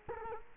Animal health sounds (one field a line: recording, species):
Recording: mosquito wingbeat signal from an infrared sensor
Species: Culex quinquefasciatus